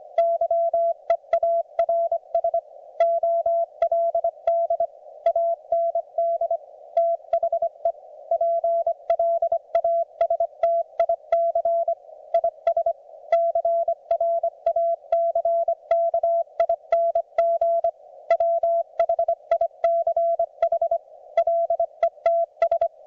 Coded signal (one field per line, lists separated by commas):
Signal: Morse code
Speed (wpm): 24 wpm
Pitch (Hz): 670 Hz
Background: none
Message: YEARS OLD AND THE PLASTIC IS CRACKING WHICH LETS